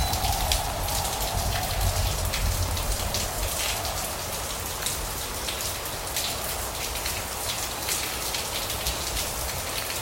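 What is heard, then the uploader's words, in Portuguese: Steady heavy rain from a summer afternoon storm pours down without letup, a dense hiss full of bright, crackling drops striking a surface. A low rumble sits underneath, stronger in the first few seconds, and the overall level stays nearly constant throughout. Uma Tarde Tempestuosa: Som de Chuva. Ouça o som de uma tempestade que cai em uma tarde de verão.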